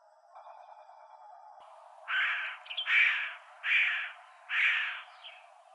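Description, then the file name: Williamson's Sapsucker uttering four rasping, nasal calls in a row, spaced under a second apart, after a quiet stretch of faint background hiss. Recorded in Arizona on 23 May 2007. "WISA deviche"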